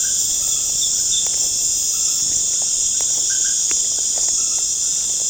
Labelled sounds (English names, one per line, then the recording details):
none
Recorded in pastures near Puerto Asís, Putumayo, Colombia, on 25 June 2025 at 19:00
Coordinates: 0.496, -76.326
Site GP01